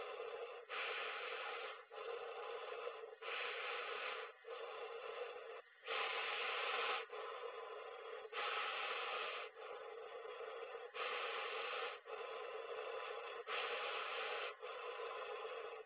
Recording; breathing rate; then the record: paced breathing near a phone; 24 breaths a minute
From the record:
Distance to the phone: 20 cm